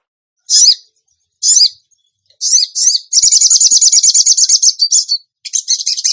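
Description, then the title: Bird calls begin as separate sharp chirps with pauses between them. These quicken into a fast rattling trill of high notes, followed by shorter broken bursts. Masteran training recording in the tembakan gacor style. "Masteran Burung Tembakan Gacor"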